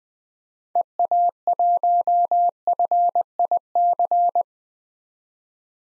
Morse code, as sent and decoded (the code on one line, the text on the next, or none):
. .- .---- ..-. .. -.-.
EA1FIC